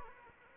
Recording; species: mosquito wingbeat signal from an infrared sensor; Anopheles arabiensis